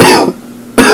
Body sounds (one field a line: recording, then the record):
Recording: coughing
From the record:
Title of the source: Coughing 77